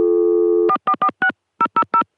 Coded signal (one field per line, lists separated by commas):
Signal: DTMF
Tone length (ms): 80 ms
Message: 4446000